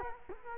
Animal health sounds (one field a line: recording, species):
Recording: mosquito wingbeat signal from an infrared sensor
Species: Culex quinquefasciatus